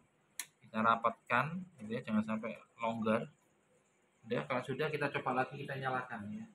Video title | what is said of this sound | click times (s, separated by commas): SOLUSI PC TIDAK TAMPIL DI MONITOR PADAHAL PC NYA SUDAH NYALA #TKJ | kita pasang kanan dulu habis itu kiri kita tekan dua-duanya G nah Sampai bunyi klik gitu ya | 0.4 s